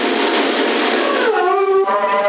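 A dog whimpers and howls in a loud, sustained, wavering cry that starts rough and breathy, then settles into a clearer tone that slides up and down for about a second.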